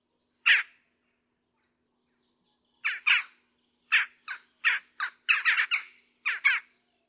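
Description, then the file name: Western jackdaw calls: one sharp, squeaky "kya" note, a pause, then an irregular series of several harsh, clipped notes. The background is otherwise quiet. "kavka obecna"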